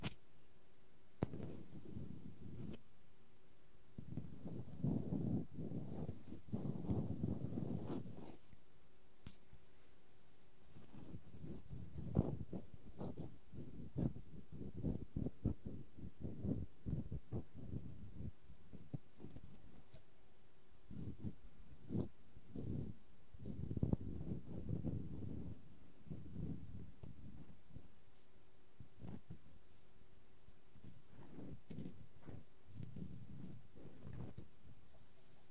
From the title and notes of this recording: ASMR No Talking Wooden Objects Tapping and Scratching ( Cork, Bowl, Lid, Block).